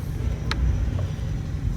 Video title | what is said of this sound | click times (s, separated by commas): How to Replace the Driver's Front Window Regulator on a 2003-2008 Audi A4 | until it snaps into place | 0.5 s